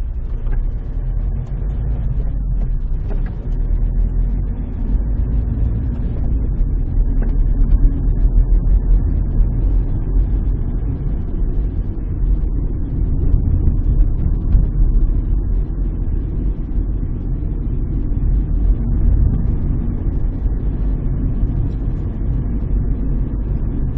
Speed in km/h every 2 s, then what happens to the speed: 16, 18, 24, 30, 34, 35, 32, 31, 33, 36, 38, 39.
0-7 speeds up to 34. 7-15 steady at about 32. 15-24 speeds up to 39.